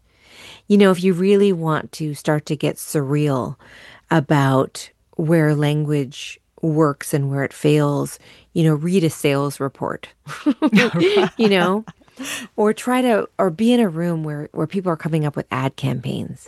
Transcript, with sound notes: You know, if you really want to start to get surreal about where language works and where it fails, you know, read a sales report...
(LAUGHTER)
...You know? Or try to - or be in a room where people are coming up with ad campaigns.